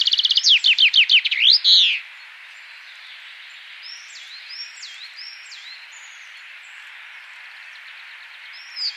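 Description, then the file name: Common chaffinch song: a bright, fast trill that drops in pitch and ends in a short flourish in the first two seconds, then faint bird calls. "Fringilla coelebs"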